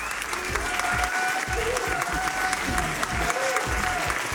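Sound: audience applause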